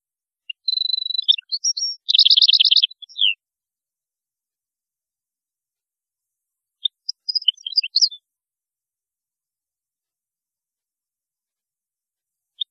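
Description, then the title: European goldfinch song: a bright twittering phrase with a fast buzzy trill, then after a pause a second scattered burst of tinkling notes. "Chant Chardonneret"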